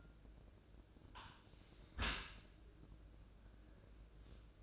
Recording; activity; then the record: daily activity, microphone in the room; close dishwasher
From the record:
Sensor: 2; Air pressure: 1012.2 hPa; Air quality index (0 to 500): 149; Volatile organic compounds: 2 ppm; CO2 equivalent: 1090 ppm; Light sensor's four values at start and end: 324/800/324/327 and 318/784/318/321